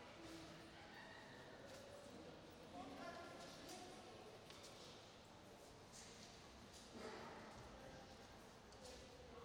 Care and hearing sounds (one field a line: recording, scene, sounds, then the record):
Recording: everyday scene through a hearing-aid microphone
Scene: reverberant space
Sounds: background noise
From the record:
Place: railway station hall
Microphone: in the ear canal, right